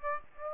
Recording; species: mosquito wingbeat signal from an infrared sensor; Aedes aegypti